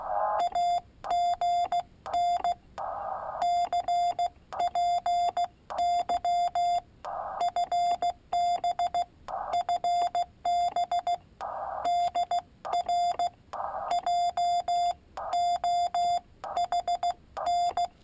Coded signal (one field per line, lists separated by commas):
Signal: Morse code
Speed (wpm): 16 wpm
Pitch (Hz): 700 Hz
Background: none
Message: AGN CPY FB FB DR JOHN